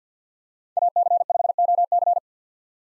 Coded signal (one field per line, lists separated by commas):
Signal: Morse code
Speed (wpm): 50 wpm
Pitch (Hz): 700 Hz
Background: none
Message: AC5OC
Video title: 2023 POTA Hunter Call Signs - 50wpm